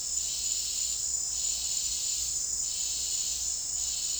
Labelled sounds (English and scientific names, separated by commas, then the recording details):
none
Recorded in dense forest near Puerto Asís, Putumayo, Colombia, on 9 March 2025 at 16:30
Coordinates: 0.499, -76.324
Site GP03